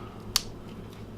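With the trigger held down and worked, a steel trigger bar in a Ruger Mark IV Standard rimfire pistol frame is pulled forward during a Victory Trigger install. A single sharp metallic click lands at 0.4 s over a quiet, steady low hum. The trigger bar is released and free to come out.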